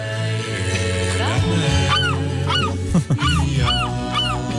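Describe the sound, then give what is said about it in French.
Seagulls call in a run of short, rising-then-falling squawks, repeated several times over a steady, loud backing of music with a deep bass. “Il y a le ciel, le soleil, la mer et les mouettes aujourd'hui.”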